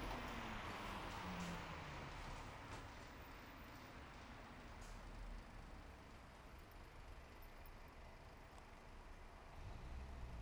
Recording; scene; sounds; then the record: everyday scene through a hearing-aid microphone; in traffic; traffic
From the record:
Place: bus stop on a city main road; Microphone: behind the ear, right, front